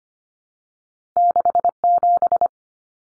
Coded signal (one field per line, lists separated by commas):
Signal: Morse code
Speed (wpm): 25 wpm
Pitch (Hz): 700 Hz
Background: none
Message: 67